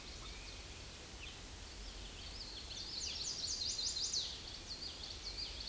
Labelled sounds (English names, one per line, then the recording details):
Chestnut-sided Warbler song
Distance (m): 25 m
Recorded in a Pennsylvania forest on 18 May 2023 at 08:56
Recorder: AudioMoth, point grid1_12_low
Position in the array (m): 182 m, 138 m